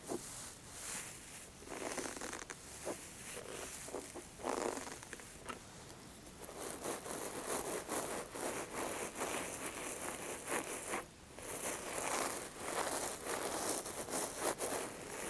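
Scissors snip and fabric rustles through a steady, dense run of crisp, bright scratching and brushing. Short sharp bursts stand out every second or so, with a louder stretch around eleven seconds, over a constant soft hiss and little low sound.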